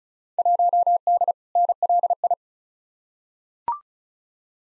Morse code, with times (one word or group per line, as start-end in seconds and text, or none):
0.4-1.3 1D
1.6-2.3 NLI